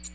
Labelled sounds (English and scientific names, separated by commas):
American Redstart (Setophaga ruticilla) flight call